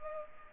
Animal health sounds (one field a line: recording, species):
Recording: mosquito wingbeat signal from an infrared sensor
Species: Culex pipiens